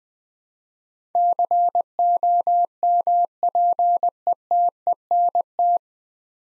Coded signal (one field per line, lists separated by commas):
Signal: Morse code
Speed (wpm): 20 wpm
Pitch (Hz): 700 Hz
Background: none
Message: COMPETENT